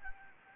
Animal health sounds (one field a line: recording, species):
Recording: mosquito wingbeat signal from an infrared sensor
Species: Anopheles gambiae